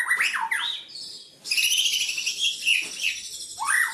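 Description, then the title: White-rumped shama pouring out a dense, lively song of fast trills, buzzy passages and swooping whistled phrases with brief pauses between bursts. "murai batu"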